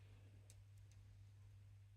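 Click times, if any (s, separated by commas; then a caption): 0.5 s. A crimped metal terminal on a wire is pushed, locking wing lined up, into a small plastic JST PH wire-to-board connector housing, giving a sharp little click at 0.5 s followed by two fainter ticks over a steady low hum. The terminal is seated: a gentle pull does not bring it out and the wire does not break.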